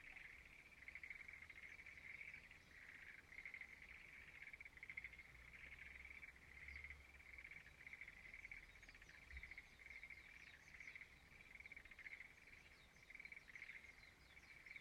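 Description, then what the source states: Frog chorus, a continuous buzzy pulsing drone swelling and fading slightly, with soft high chirps in the second half. Frogs singing in a rice field at dawn in Izumo, Shimane, Japan.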